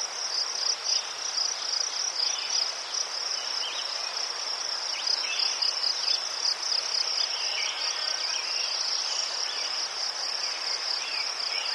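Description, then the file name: Crickets chirping in a steady, high pulsing trill throughout, with faint bird calls scattered beneath and a soft background hiss. Crickets in a forest, with birds and a river in the distance. "les sverchki ptici i shum reki vdaleke"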